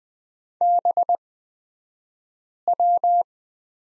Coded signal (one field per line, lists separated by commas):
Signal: Morse code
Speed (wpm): 20 wpm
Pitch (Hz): 700 Hz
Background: none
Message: BW